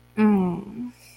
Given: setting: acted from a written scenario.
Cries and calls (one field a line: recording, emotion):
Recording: vocal sound without words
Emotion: embarrassment